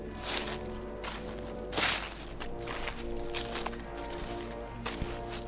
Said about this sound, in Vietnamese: Vừa khấn vừa khóc rên vì sợ hãi, ông bà chủ vội ôm chặt lấy nhau khi có tiếng bước chân ở bên ngoài loạt soạt cứ vang lên.